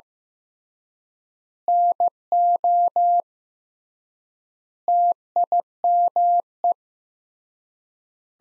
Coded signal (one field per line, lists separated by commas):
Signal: Morse code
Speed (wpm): 15 wpm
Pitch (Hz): 700 Hz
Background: none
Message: NO TIME